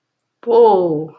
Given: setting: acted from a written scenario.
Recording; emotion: vocal sound without words; positive surprise